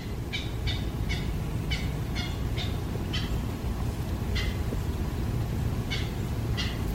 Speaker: And that really odd noise was a clapper rail.